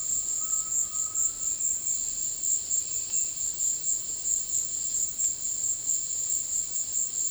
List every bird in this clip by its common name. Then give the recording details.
Undulated Tinamou, Yellow-crowned Tyrannulet. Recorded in dense forest near Puerto Asís, Putumayo, Colombia, on 20 February 2024 at 15:00. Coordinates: 0.500, -76.322. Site G6465